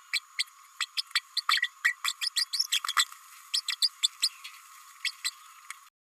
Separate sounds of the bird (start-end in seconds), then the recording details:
0.13-0.19, 0.38-0.43, 0.80-0.85, 0.96-1.01, 1.36-1.41, 1.48-1.62, 1.84-1.96, 2.04-2.12, 2.21-2.29, 2.36-2.44, 2.53-2.64, 2.71-2.79, 2.88-2.93, 3.54-3.61, 3.68-3.75, 3.82-3.89, 4.02-4.08, 4.22-4.29, 5.04-5.11, 5.24-5.30. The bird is a female. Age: 29 days. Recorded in a nest box in Venezuela. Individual 17B32A5